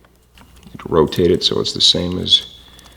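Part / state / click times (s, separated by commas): inline harness connector onto fuel injector / not seated / none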